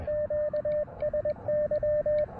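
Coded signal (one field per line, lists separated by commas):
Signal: Morse code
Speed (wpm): 21 wpm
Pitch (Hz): 600 Hz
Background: radio noise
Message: QSY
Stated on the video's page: Morse code from a park activation using a KX2 with a prototype universal paddle mount.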